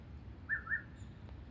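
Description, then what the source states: Grey-sided scimitar babbler giving one quick pair of soft, mellow hooted notes against a low rumbling background. Recorded 2022-02-08.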